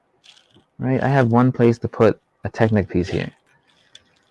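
A plastic Technic piece is handled at a brick cabin, about to be pushed in to lock a subassembly to the cabin. Someone talks through most of the clip, with faint small clicks of handling near 0.3 s, 0.5 s and 4.0 s. Nothing has seated or clicked yet.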